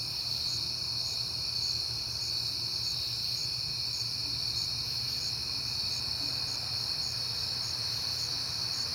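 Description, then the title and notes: Cricket chorus as a steady high trill, with a second, higher cricket chirping in short regular pulses; low hum beneath. Crickets at night in September, on a peaceful night. "Night Time: Crickets and Passing Cars. It is September and I have been hearing the crickets a lot, but finally had a peaceful night to make the recording"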